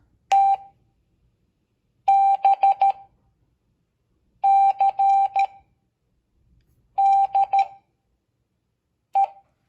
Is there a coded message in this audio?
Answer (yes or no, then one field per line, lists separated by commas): yes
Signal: Morse code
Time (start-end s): 0.3-9.2 s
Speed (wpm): 13 wpm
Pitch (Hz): 790 Hz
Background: none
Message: T B C D E